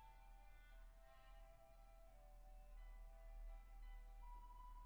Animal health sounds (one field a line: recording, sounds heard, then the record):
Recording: poultry house recording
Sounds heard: no chicken sound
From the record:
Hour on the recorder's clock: 10